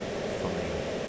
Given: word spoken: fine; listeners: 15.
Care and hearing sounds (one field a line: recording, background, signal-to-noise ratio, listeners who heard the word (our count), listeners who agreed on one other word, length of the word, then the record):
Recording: one English word in noise, from a listening test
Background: speech-shaped noise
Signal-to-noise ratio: -6.1 dB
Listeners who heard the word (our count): 5 of 15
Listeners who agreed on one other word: 7 of 15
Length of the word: 0.68 s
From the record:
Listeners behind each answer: 7, 5, 1, 1, 1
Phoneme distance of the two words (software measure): 7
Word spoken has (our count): 1 syllable, 3 phonemes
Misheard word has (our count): 1 syllable, 4 phonemes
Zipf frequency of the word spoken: 5.44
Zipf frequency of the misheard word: 5.89